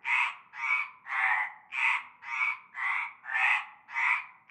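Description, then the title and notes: Frog chorus of loud grating croaks, each lasting about half a second, following one another in a steady run. Chorus heard from nightfall in a large concrete basin holding stagnant greenish water, Avenue Cante Coucou, La Ciotat, Bouches-du-Rhône, Provence, France. "Avenue Cante Coucou, Groupède, La Ciotat, Marseille, Bouches-du-Rhône, Provence-Alpes-Côte d'Azur, France métropolitaine, 13600, France - cœur de grenouilles. Une grande vasque en béton, un fond d'eau verdâtre croupissant. et un cœur de grenouilles dès la nuit tombée"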